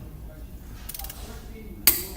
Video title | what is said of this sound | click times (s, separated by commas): Balancing a Tire | go until you hear that click. That's how you know that you've got them on there torque | 1.9 s